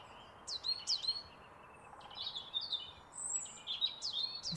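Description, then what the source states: Coal tit calls: thin, high, sharp notes in several short bursts, over faint background hiss. In a park; identified on sight.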